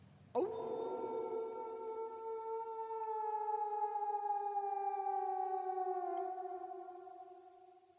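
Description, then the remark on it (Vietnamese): A dog's long, mournful howl rises sharply at night in a village, then holds a steady, eerie tone that sags slowly in pitch for several seconds, loud and unbroken, with no voices. “Một đêm trôi qua bên làng với những tiếng chó chu nghe đến rợn cả người.”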